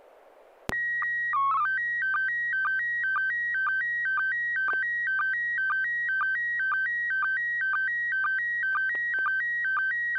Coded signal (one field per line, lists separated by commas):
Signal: SSTV (slow-scan television)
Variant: PD 120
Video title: N6NA SSTV Net - 01/07/2026